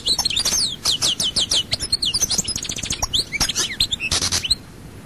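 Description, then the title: European goldfinch song, a fast stream of bright high chirps and twittering trills with a short buzzy note near the end, then quiet. "Chant Chardonneret"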